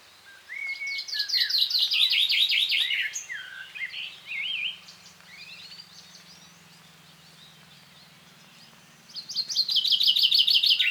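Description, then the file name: Chaffinch delivering a full song of rapid falling trills with an ending flourish, a few softer notes, then a second song starting near the end. "Fringilla coelebs"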